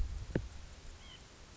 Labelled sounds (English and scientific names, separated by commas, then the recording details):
White-breasted Nuthatch (Sitta carolinensis)
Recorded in Sonoma County, California